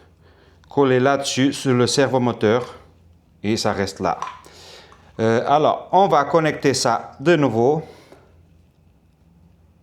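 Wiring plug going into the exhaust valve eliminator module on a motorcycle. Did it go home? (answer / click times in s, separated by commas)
no / none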